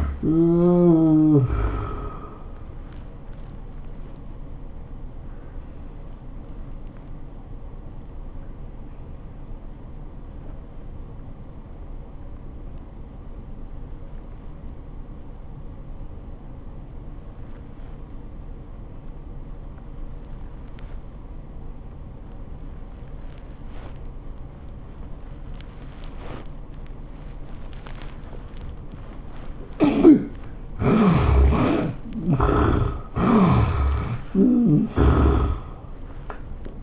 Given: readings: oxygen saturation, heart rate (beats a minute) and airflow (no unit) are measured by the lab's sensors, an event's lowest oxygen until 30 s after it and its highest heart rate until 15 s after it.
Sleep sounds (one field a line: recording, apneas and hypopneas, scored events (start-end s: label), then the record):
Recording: breathing in sleep by a smartphone at the bedside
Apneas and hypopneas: 1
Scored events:
8.00-30.90 s: obstructive apnea (N1, oxygen 97% highest, then 69% lowest, heart rate 88 at the start, 105 highest)
From the record:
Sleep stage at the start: N1 (lightest sleep)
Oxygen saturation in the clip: 71 to 97%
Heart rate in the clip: 73 to 106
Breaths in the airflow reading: 4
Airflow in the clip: -18.7 to 14.4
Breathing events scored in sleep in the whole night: 403 in 5.5 hours asleep